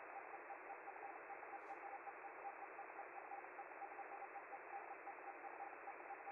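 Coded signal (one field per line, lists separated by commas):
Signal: Hellschreiber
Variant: Feld-Hell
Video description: With the FLDigi program I'm quickly sending a short message on the 10m band and receive it locally with a KiwiSDR receiver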